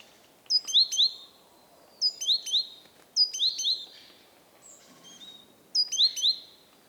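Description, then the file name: Great tit song: four short phrases of clear, sharp paired whistles, with a softer, different note between the last two. "Parus major"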